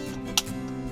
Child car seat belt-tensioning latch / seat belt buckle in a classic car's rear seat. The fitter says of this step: the click now